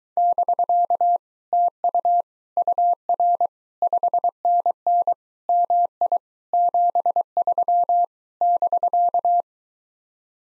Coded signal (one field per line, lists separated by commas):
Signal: Morse code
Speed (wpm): 23 wpm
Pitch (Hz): 700 Hz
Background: none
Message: <BK> TU UR 5NN MI 73 <BK>